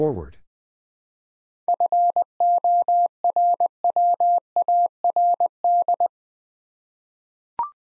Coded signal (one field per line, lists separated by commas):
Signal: Morse code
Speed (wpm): 20 wpm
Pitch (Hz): 700 Hz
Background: none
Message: FORWARD